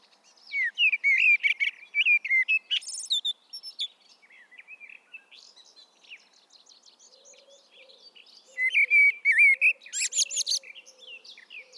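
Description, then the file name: Common blackbird song: two rich fluted phrases near the start and end, each finished with a high squeaky twitter, with soft chatter between and a faint low hum-like call later. "Turdus merula"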